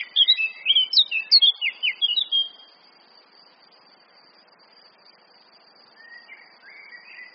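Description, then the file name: Eurasian blackcap song: a loud, quick series of clear whistled notes for about two and a half seconds, then faint, soft warbling. "Sylvia atricapilla"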